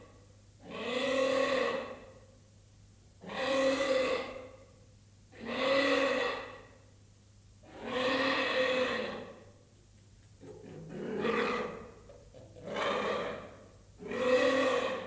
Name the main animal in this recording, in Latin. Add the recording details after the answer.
Myrmecophaga tridactyla. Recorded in captivity. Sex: male. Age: juvenile. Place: Zoo Berlin, Berlin, DE. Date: 2008-08-18 15:20. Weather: overcast, ca. 22°C. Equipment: Sony WM-D6C, Sennheiser ME 80, Kopie Uher 4000 Report Monitor. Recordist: Tembrock, Günter